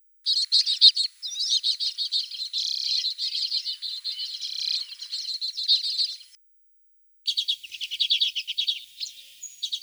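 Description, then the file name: Common redpoll song: dry, buzzy chattering trills and rapid twitters, high-pitched and nearly continuous for about six seconds, a short pause, then more rattling trills. Recorded in Russia. "Golosa ptic Rossii - CHechetka"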